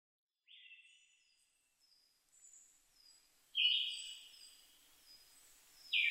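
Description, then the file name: Siberian thrush song: whistled phrases about three seconds apart, with faint high thin notes between them. Recorded 2 July 2011 at 05:51. "mamijiro-20110702-0551"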